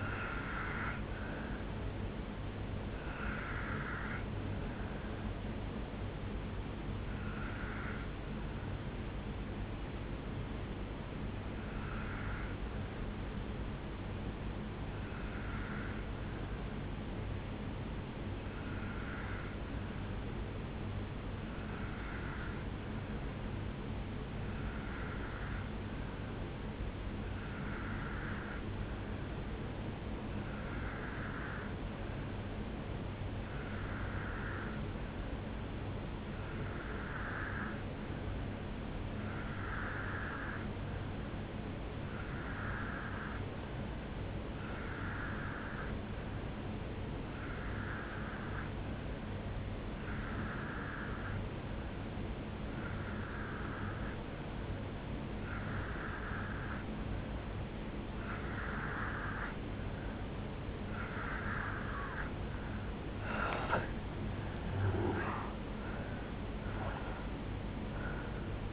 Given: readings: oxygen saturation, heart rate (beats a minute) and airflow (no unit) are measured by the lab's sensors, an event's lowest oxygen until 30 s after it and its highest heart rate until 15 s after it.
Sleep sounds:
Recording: breathing in sleep by a voice recorder at the bedside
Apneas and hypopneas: 1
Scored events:
6.00-63.00 s: obstructive apnea (N2, oxygen 97% highest, then 86% lowest, heart rate 59 at the start, 77 highest)
61.00-68.73 s: new sleep stage, N1 (lightest sleep)
From the record:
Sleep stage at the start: N2 (light sleep)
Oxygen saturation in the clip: 86 to 97%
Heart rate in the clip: 56 to 79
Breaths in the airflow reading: 4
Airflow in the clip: -9.2 to 4.9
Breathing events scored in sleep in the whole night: 449 in 7.0 hours asleep

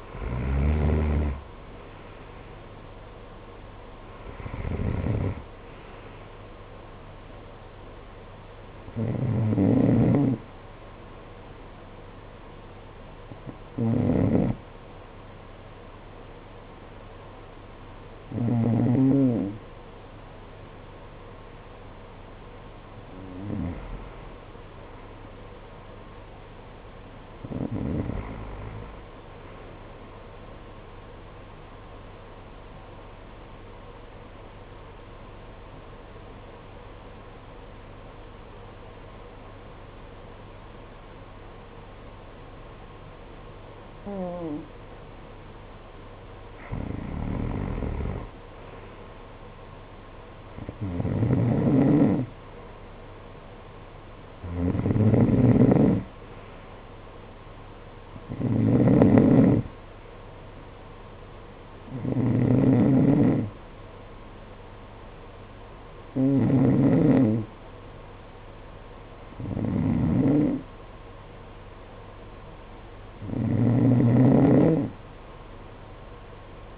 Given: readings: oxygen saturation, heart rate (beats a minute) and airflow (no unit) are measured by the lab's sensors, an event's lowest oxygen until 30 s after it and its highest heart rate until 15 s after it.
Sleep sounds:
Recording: breathing in sleep by a voice recorder at the bedside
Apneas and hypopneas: 1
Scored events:
33.00-47.90 s: obstructive apnea (N1, oxygen 94% highest, then 89% lowest, heart rate 53 at the start, 57 highest)
From the record:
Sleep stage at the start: N1 (lightest sleep)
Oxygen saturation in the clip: 80 to 95%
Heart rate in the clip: 48 to 67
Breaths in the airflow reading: 16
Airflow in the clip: -11.1 to 11.9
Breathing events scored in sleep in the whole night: 476 in 9.7 hours asleep

